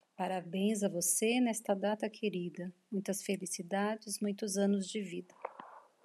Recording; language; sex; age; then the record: short text; Brazilian Portuguese; female; 50 to 59 years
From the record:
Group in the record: control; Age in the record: 51 years